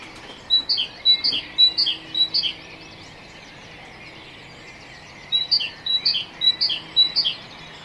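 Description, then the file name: Great tit song with two bursts of quick, ringing two-note motifs, each repeated about five times, separated by a pause of roughly three seconds. "Parus major"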